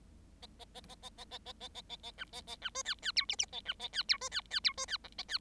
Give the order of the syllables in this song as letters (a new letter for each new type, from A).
A A A A A A A A A A A A B A A B C D D E F F A B A D E C D D E C D G A D